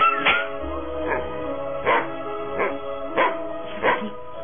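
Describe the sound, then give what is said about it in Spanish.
A dog barks repeatedly in a steady rhythm, about six sharp, mid-pitched barks spaced well apart, with a faint whiny undertone between them and no talking. “No te has ido, maldito perro.”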